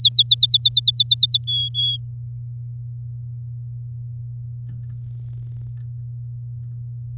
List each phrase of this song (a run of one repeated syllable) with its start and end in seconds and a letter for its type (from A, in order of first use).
0.00-0.23 A, 0.26-1.44 B, 1.47-1.97 C